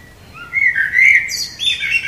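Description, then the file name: Common blackbird song: a mellow whistled phrase around mid pitch, ending in a higher squeaky twitter. "Turdus merula"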